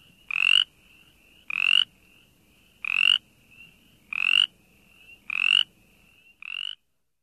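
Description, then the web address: Brimley's chorus frog calling in brief grating trills repeated a little over a second apart, six in all, the last one shorter, over a thin droning background. "Frog Calls Pseudacris brimleyi - Brimleys Chorus Frog"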